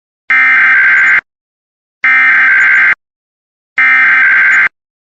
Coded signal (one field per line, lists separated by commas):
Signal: Emergency Alert System (SAME) tones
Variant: header bursts